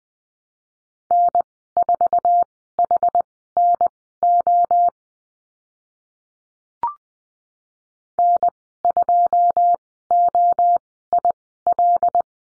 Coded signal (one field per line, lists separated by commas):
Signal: Morse code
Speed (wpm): 19 wpm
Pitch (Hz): 700 Hz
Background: none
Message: N4HNO N2OIL